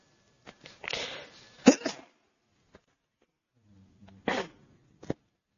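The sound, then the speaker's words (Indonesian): Two sneezes, each a sharp, loud burst of breathy noise following a drawn-in breath, separated by a few seconds of quiet, with small clicks and puffs around them and no talking. “Alhamdulillah. Yahdikumullah muslim ma'alaikum.”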